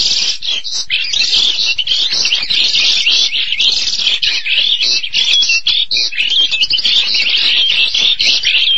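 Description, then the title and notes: Starling song, a continuous high-pitched chatter mixing whistled slurs, squeaks and harsh notes with hardly a break. "suara burung jalak"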